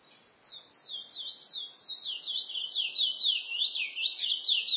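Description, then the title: Chestnut-bellied seed finch song, a continuous, rapid run of high, wavering whistled notes that swoop up and down in a fluid warble. "Canto De Curio"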